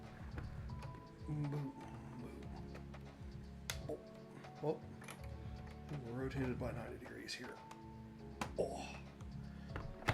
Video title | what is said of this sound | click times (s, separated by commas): Building a Saturn V - live | does have a positive little click when it seats so yeah | 10.1 s